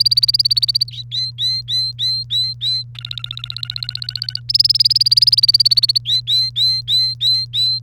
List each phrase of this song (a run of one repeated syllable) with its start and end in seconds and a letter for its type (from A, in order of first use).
0.00-0.83 A, 0.87-2.83 B, 2.95-4.40 C, 4.49-5.98 A, 6.05-7.79 B